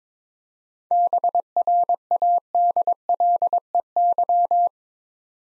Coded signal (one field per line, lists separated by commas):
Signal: Morse code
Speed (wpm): 22 wpm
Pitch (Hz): 700 Hz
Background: none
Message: BRADLEY